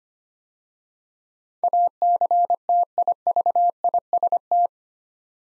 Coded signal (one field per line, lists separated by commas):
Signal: Morse code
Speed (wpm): 25 wpm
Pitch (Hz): 700 Hz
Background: none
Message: ACTIVIST